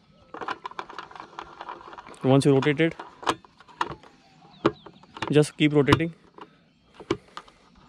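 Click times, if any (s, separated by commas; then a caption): none. A rider turns the ratcheting mount knob that holds a Dirtsack jerry can on a KTM 390 Adventure motorcycle, tightening it only two or three clicks because four makes it too tight to open again. Short, sharp ratchet ticks are scattered through the clip while someone talks. Nothing has seated or clicked home yet.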